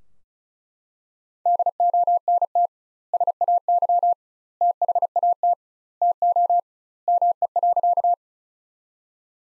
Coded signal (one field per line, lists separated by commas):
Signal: Morse code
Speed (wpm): 34 wpm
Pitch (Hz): 700 Hz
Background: none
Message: DONT SAY THAT TO ME.